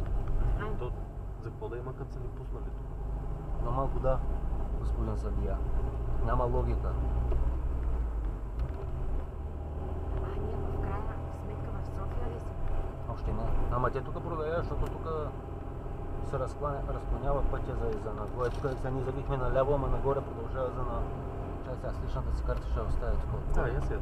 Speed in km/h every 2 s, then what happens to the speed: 37, 40, 44, 46, 45, 47, 51, 51, 52, 52, 52, 52.
0-11 speeds up to 51. 11-24 steady at about 52.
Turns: none.